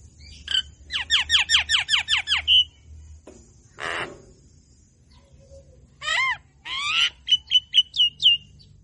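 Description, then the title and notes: Javan myna song opening with a fast series of harsh descending squawks, a rasping burst, then loud whistled notes and short chirps. Characteristic song used as a lure to stimulate other birds to sing; bird described as gacor, singing continuously, in the mangut mangugut style. "Pancingin Dengan Suara Khas Jalak Kebo Gacor Mangut Mangugut. Kicau Jalak Kebo"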